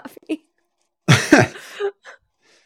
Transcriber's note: chuckles